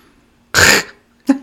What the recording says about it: Like clearing his throat. Yeah. But even aggressively. You're not clearing that phlegm out with that noise you're making, man. He just would go just keep doing it harder. Clear it harder.